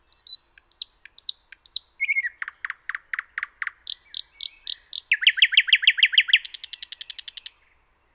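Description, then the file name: Common nightingale song, a long varied phrase: several separate high whistles, then a series of repeated slurred notes that speed up into a rapid, buzzy trill. "Luscinia megarhynchos"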